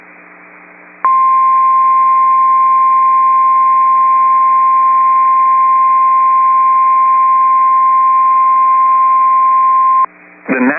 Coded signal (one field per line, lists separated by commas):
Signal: Emergency Alert System (SAME) tones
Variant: 1050 Hz attention tone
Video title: PDS Tornado Warning (Kidder County, ND) (8/28/24) [EAS #32]